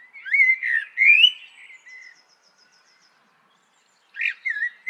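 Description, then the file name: Common blackbird song: rich, fluting whistled phrases rising and falling, ending in a thin high twitter, then a pause before another whistled phrase begins. "Turdus merula"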